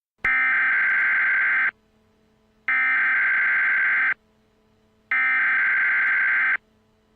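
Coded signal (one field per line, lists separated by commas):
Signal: Emergency Alert System (SAME) tones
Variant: header bursts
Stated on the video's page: Simulated EAS using real tones, with a synthesized text-to-speech voice, recreating events from a television series finale.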